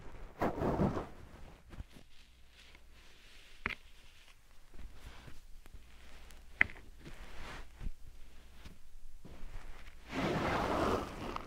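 Slime and sand triggers: soft squishing and grainy rustles come in short bursts, with a loud, dense crackle near the start and another long one from about ten seconds on. Between them, scattered small clicks and taps sound over a low, quiet hum.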